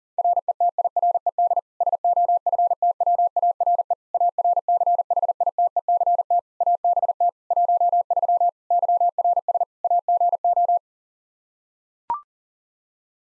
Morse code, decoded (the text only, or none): RETIRED SOFTWARE ARCHITECT ABT 13 YRS AGO